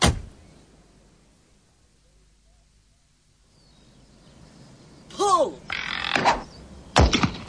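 A car door thuds shut, followed by a long quiet stretch before a low engine rumble builds, broken by a bird's call and several loud, noisy bursts toward the end.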